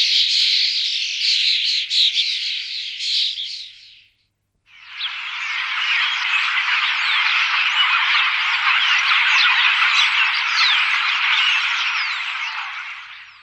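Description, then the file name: Common starling calls, a dense continuous stretch of squeaks and rasps, broken by a short silence before resuming. "špaček obecný"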